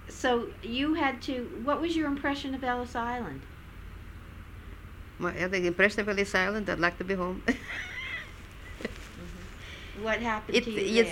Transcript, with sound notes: So, you had to, what was your impression of Ellis Island?
My impression of Ellis Island? I'd like to be home. (she laughs)
Uh-huh. What happened to you there?